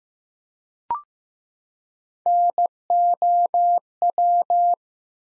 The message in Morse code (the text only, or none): NOW